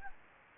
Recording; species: mosquito wingbeat signal from an infrared sensor; Anopheles gambiae